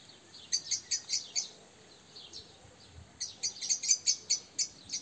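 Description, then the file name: Eurasian blackbird uttering two series of sharp, high ticks, with a pause between them. "Turdus merula"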